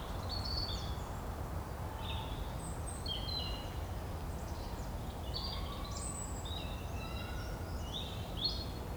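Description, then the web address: Birds calling in a morning chorus, many short high whistles and chirps overlapping throughout over a steady low rumble. "Keller Seth Morning Birds"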